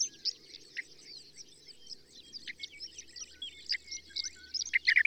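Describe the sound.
Bird song: a dense chorus of high chirps and twitters, with sharp descending notes breaking through, and a low steady hum underneath.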